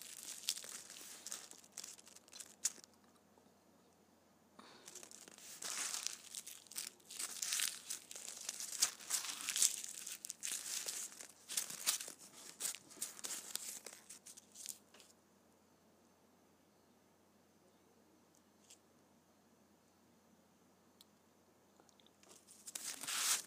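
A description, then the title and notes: Candy wrappers being crumpled and crinkled in bursts of dense, bright crackling. Activity comes in spells, in the first few seconds and heavily from about 5 to 15 seconds, then falls nearly silent with a few isolated crackles before a final burst at the end. ASMR Candy Wrappers.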